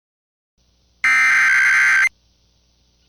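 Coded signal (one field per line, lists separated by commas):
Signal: Emergency Alert System (SAME) tones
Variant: header bursts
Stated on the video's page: Personal captures of alerts.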